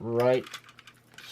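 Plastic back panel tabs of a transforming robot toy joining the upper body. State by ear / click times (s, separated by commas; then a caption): seated / 0.8 s, 1.2 s. Someone talks as the plastic back panel tabs of a Takara Tomy Transformers Legends God Ginrai / Super Ginrai + Godbomber transforming robot toy are pressed together to join the upper body. Small plastic clicks are heard at 0.8 s and 1.2 s as the tabs snap home and the panels seat.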